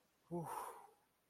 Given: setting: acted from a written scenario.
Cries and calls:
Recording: vocal sound without words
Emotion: elation

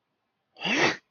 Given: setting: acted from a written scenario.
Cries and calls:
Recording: vocal sound without words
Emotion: contempt

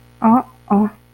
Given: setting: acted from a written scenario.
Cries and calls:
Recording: vocal sound without words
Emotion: disappointment

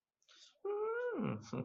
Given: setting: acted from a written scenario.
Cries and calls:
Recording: vocal sound without words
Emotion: interest

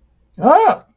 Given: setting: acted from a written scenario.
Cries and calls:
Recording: vocal sound without words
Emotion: amusement

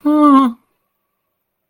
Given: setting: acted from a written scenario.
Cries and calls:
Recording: vocal sound without words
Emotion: distress

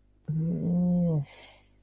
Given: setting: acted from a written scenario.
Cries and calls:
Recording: vocal sound without words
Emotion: guilt

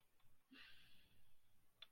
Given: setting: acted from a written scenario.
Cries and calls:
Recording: vocal sound without words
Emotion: embarrassment

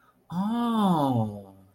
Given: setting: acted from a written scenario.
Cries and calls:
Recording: vocal sound without words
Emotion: realization

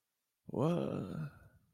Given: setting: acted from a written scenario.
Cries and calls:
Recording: vocal sound without words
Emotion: confusion

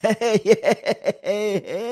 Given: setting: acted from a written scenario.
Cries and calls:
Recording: vocal sound without words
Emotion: triumph

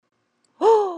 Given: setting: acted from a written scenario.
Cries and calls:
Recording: vocal sound without words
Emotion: amusement

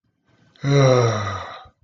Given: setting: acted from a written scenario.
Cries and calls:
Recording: vocal sound without words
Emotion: relief

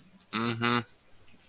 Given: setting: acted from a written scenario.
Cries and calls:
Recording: vocal sound without words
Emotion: neutral

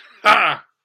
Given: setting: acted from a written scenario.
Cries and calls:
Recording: vocal sound without words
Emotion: triumph

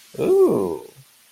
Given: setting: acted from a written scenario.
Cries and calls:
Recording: vocal sound without words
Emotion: romantic love

